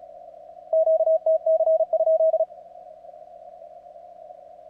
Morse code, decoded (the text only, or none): QTC?